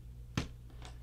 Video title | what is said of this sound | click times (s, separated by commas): Landing Gear Assembly + How to Fold Onslaught — Dodging Birds! INSANE Paper Airplane Flight! | you can hear it kind of click into place | 0.4 s